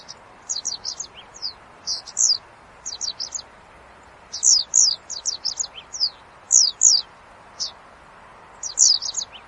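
Japanese wagtail giving busy runs of high, thin, downward-slurred chips, clustered in rapid bursts of three or four with short pauses, against a constant soft hiss.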